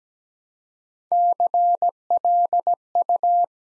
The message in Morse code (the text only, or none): CLU